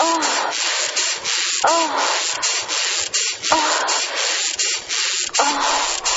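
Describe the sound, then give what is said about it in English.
A squeaky bed creaks rhythmically: a steady, loud rubbing rasp with short, whining squeaks breaking through about every two seconds. No one speaks. Played as a requested sound clip on The Tom Leykis Show. “So since we're on the topic of paternity, I am politely requesting that, well, hey, take me out with Squeaky Bed.”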